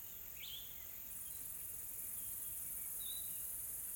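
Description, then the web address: Insects give a soft, steady high hiss, with one brief bird chirp early and a thin whistle later. Calm, soft insects in a tropical forest ambience in South Africa. "Sonniss com - GDC 2020-Game Audio Bundle Smart Sound FX - Nature South Africa AMBIENCE Additional Tropical Forest Soft Insects Calm"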